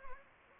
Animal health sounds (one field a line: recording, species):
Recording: mosquito wingbeat signal from an infrared sensor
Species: Anopheles gambiae